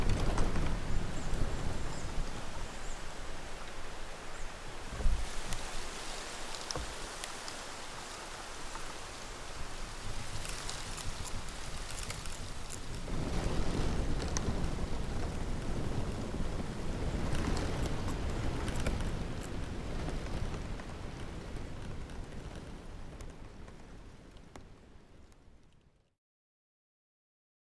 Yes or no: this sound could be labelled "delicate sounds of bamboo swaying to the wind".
yes